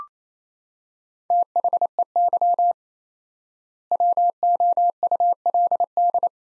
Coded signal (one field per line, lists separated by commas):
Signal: Morse code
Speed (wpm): 27 wpm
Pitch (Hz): 700 Hz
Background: none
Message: THEY WOULD